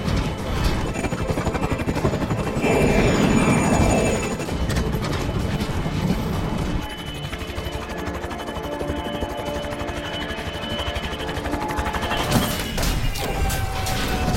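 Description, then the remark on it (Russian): A helicopter, its tail snagged on an iceberg and spun round by strong wind, roars and churns in a dense, loud rumble, lurching into a heavy crashing impact onto the ice, then settles into a steady mechanical whine with a humming drone. “Его закружило, и он рухнул на лед.”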